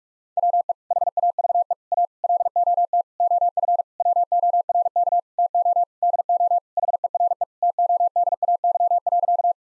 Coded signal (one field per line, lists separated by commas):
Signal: Morse code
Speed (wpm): 41 wpm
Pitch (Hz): 700 Hz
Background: none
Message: WE HAVE A LOT OF WORK TO DO HERE TODAY.